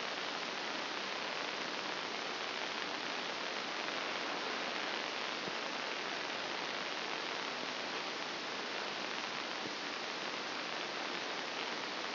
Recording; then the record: brain microelectrode recording played as sound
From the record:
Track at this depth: inside the subthalamic nucleus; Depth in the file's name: 4.663 mm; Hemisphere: left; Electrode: 2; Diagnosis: Parkinson's disease